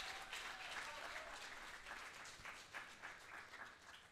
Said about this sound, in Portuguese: Palmas para ele, então.